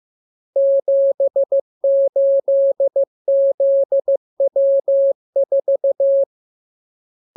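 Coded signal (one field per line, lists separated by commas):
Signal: Morse code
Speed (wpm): 15 wpm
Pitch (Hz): 550 Hz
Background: none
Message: 78ZW4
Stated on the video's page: Morse lesson 34 of 42: radiogram practice opening with VVV and section sign, closing with AR, covering letters, numbers, punctuation and Q-codes.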